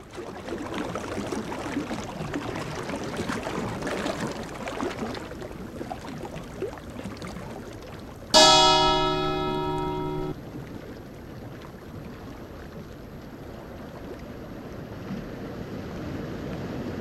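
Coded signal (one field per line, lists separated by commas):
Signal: bell signal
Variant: lighthouse fog bell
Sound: one clear bell stroke ringing out and fading over two seconds amid steady rushing water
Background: water or surf noise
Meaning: Fog signal identifying Newport Harbor Lighthouse by one bell stroke every 15 seconds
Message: 1 stroke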